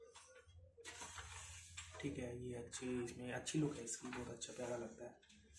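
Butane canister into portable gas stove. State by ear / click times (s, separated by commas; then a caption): not seated / none. A butane gas canister is being handled and fitted into a Hans portable camping gas stove, compatible with LPG and butane, while someone talks throughout. There is a short, faint knock at about 1.8 seconds, and the canister has not locked into the stove yet.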